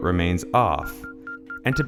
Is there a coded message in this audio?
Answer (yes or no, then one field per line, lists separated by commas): no